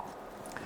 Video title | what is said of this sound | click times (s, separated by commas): Great Backyard Sound? You've Got Options - Gramophone | and so the speaker is just going to Simply sit on this 360° uh plated piece it just pops right in | 0.6 s